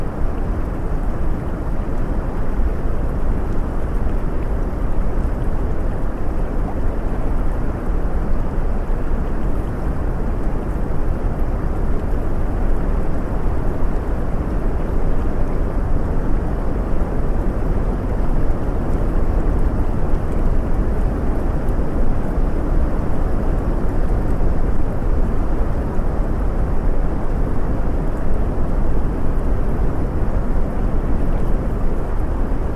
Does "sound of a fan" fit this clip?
no